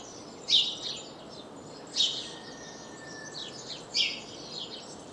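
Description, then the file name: House sparrow chirps, three loud notes a second and a half to two seconds apart, with faint twittering and a brief thin whistle. "Passer domesticus"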